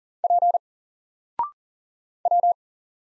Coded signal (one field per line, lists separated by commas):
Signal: Morse code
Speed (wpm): 40 wpm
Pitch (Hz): 700 Hz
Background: none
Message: P W